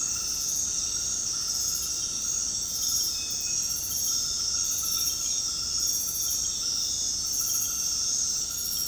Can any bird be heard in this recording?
no